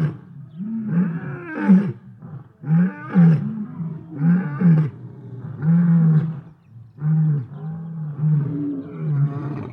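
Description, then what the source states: Lion roaring in several deep, harsh bursts with low rumbles. Lions in the savannah.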